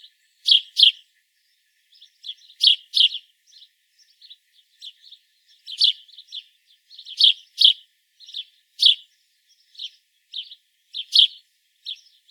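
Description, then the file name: House sparrow chirping, sharp chirps often in pairs, with a steady background of softer chirps between. "Passer domesticus"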